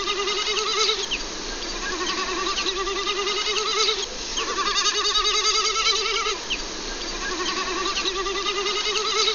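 Snipe giving a tremulous, bleating hum that wavers rapidly in pitch, in bursts of several seconds that repeat almost without pause.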